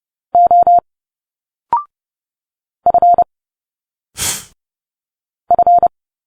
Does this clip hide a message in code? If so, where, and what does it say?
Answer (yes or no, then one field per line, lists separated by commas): yes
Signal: Morse code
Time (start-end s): 0.3-5.9 s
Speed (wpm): 30 wpm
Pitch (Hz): 700 Hz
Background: none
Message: O F F